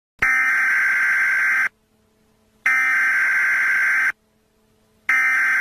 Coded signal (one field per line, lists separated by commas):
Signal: Emergency Alert System (SAME) tones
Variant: header bursts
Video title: Lucifer’s Rising: An EAS Scenario